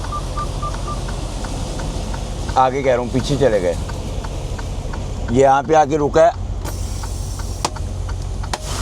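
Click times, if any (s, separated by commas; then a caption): 7.7 s, 8.5 s. After the trailer's tandem axle is slid, its slider locking pins are released and drop into the holes in the trailer frame rail. Someone talks over a steady indicator ticking and vehicle hum, then two loud, sharp knocks ring out at 7.7 s and 8.5 s. The pins seat, and the tandem slider is locked in.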